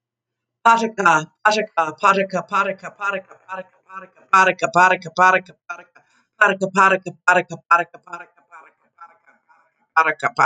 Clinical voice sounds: repeated syllables /pa ta ka/; female; 50 to 59 years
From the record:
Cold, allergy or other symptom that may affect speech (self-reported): no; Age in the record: 58 years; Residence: Florida, United States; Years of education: 20

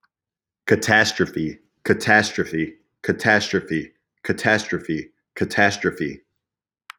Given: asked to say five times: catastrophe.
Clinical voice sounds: repeated word; male; 20 to 29 years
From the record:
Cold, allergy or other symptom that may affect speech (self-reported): no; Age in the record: 27 years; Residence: Tennessee, United States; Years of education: 16

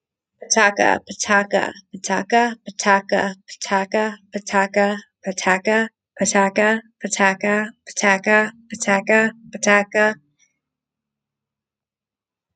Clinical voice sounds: repeated syllables /pa ta ka/; female; 30 to 39 years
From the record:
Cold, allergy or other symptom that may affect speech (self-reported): no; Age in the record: 33 years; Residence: Pennsylvania, United States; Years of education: 13

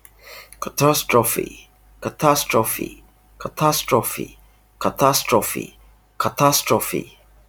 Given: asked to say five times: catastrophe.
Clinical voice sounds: repeated word; male; 40 to 49 years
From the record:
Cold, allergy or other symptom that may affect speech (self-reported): no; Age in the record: 40 years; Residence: United Kingdom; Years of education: 16

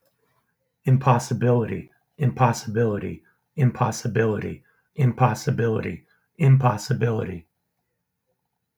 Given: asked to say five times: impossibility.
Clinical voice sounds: repeated word; male; 50 to 59 years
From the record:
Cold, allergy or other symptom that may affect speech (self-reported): no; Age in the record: 55 years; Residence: New Jersey, United States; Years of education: 20

